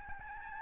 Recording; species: mosquito wingbeat signal from an infrared sensor; Aedes albopictus